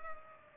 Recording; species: mosquito wingbeat signal from an infrared sensor; Culex pipiens